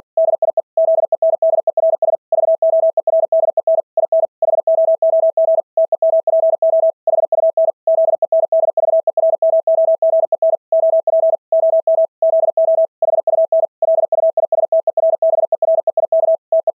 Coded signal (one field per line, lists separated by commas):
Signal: Morse code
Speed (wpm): 48 wpm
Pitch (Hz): 660 Hz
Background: none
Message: DIE ZENDERS VOERDEN IN HOOG TEMPO HUN ZENDVERMOGEN OP OM ZO HUN LUISTERBEREIK TE